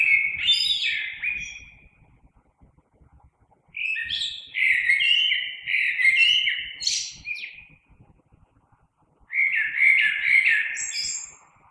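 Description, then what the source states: Common blackbird singing three rich fluted phrases with a pause between each, the phrases ending in thin high twitters; faint low rumble underneath. Recorded 3 March 2020.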